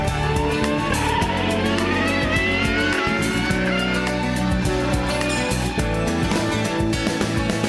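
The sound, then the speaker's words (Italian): A Ferrari race car engine revs hard and loud throughout, its high whining pitch climbing in sweeping rises over a steady, buzzing roar, with no voices. “Suona bene però, vero? Perché amiamo la Ferrari.”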